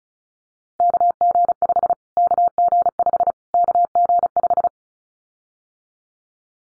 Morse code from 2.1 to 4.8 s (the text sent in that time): KG5 KG5